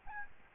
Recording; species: mosquito wingbeat signal from an infrared sensor; Aedes albopictus